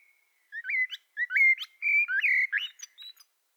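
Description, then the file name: Common blackbird song: a low fluting warbled phrase with rising and falling notes, ending in high squeaky twittering notes, in a quiet background. "Turdus merula"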